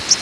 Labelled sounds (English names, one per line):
Canada Warbler flight call